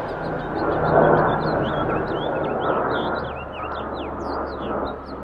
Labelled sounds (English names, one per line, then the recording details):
House Finch song
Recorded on Long Island, New York, on 17 April 2012
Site GW
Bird A